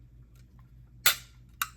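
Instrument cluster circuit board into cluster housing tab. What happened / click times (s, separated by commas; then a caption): The plastic retaining tab snapped over the board / 1.1 s, 1.6 s. A circuit board is pressed back into the plastic housing of a Mercedes W126 instrument cluster, and its small plastic retaining tab snaps over the board. Two sharp clicks ring out at 1.1 s and 1.6 s over a low, steady hum, with the first one louder. The board is seated.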